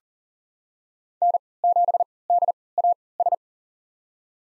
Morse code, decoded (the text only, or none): N7DAS